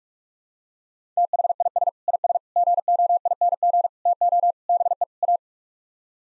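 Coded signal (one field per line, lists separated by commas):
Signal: Morse code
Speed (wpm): 41 wpm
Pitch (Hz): 700 Hz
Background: none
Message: THIS IS GOING TO BE A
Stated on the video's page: Morse practice sets of six-word phrases at 45 wpm; each set sent, then spoken, then sent again for head-copy practice.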